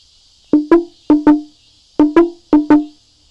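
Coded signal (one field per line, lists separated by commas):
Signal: talking drum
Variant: Kimanga, wooden slit drum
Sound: eight hollow wooden drum strokes in four quick pairs, pitch hard to separate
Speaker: this is what quickly is low high low low so that tune if i can reproduce that tune low high low low on the drum somebody five miles away can hear da da da da and know that they've got to do something quickly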